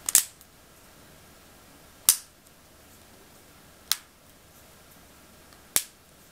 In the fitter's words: other half back on it just snaps back in place